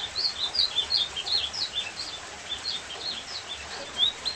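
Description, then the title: Ultramarine grosbeak warbling softly: a steady string of short rising and falling high notes over a low background hiss. Described as a beautiful song; offered as a tutor for teaching a pet golinha seedeater to sing. "Encarte Seu Golinha Com Este Lindo Canto De Azulão"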